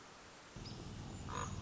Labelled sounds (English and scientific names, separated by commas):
Common Raven (Corvus corax)